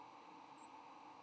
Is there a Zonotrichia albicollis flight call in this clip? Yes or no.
no